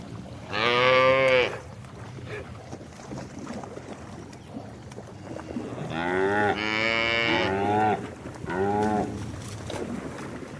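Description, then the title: Cow moos: a short moo early, then a longer drawn-out moo and a shorter one later. "Eco-Moo-tion: The Ecological Soundscape of Cow Conversations"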